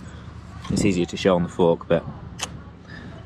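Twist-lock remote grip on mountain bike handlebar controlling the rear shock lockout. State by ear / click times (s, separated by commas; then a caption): seated / 2.4 s. Someone talks while twisting the twist-lock remote grip, which has a thumb release, on the handlebar of a Canyon Lux Trail CF8 mountain bike to lock out the rear shock's top-spec Ultimate damper. A sharp click sounds at 2.4 s as the grip clicks into its locked position, and the shock is locked.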